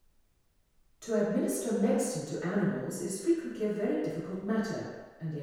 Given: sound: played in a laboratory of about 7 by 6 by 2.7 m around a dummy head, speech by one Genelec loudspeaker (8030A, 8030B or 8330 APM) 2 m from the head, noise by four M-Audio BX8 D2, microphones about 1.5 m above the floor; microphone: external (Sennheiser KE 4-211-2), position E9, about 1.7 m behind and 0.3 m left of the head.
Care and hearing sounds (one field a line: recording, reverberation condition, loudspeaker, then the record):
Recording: female speech in English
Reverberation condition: high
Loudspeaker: in front (0 degrees)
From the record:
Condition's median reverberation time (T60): about 1300 ms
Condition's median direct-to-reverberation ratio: about -4.0 dB